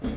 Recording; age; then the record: pig call; growing-finishing pig (85 days or more)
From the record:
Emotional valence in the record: negative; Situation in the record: barren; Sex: male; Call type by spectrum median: low-frequency call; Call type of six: low-frequency stable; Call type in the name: low-frequency stable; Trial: 4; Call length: 0.18 s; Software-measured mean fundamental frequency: 52 Hz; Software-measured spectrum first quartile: 145 Hz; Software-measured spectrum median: 254 Hz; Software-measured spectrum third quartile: 490 Hz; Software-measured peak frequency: 248 Hz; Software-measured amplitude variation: 145 dB a second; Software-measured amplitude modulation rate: 14.2 a second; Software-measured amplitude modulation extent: 10.2 dB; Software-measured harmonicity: 0.8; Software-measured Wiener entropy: -0.41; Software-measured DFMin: 1039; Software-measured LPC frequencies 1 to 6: 299, 2141, 3344, 4470, 5351, 6959 Hz